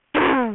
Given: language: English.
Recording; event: throat vibration sensor signal played as sound; throat clearing